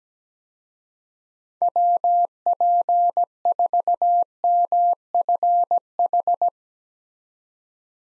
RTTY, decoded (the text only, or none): none